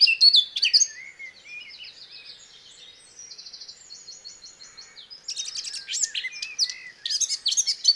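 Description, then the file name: Eurasian blackcap warble with loud chirping bursts at the start and end, and a softer, even, buzzy trill in between. "Sylvia atricapilla"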